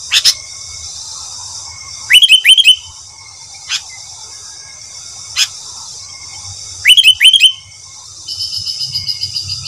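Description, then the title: Sooty-headed bulbul song, two short bubbly phrases of rising, warbled whistles several seconds apart, with scattered sharp clicks and a steady high hiss. "Kutilang"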